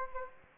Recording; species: mosquito wingbeat signal from an infrared sensor; Anopheles gambiae